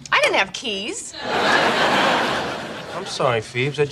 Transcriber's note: soundbite of laughing